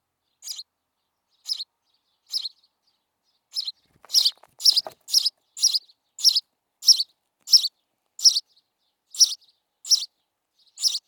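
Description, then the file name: House sparrow chirping: a series of spaced chirps that become louder and closer together after a brief scuffling sound. "Passer domesticus"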